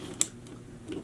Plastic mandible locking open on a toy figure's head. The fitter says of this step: they have the ability to stay open, lock into place, and then there's a button that fires them